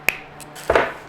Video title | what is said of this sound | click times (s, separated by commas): How I Build the Custom Wiring Harness for the LS3 Swapped Defender | in like that we'll just pop her in and | 0.1 s